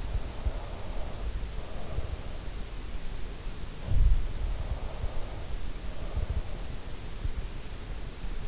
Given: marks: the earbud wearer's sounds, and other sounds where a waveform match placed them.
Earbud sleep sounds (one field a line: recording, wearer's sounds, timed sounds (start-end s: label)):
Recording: sounds in sleep by an in-ear microphone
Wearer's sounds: breath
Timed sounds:
0.00-2.60 s: breath
3.69-6.87 s: breath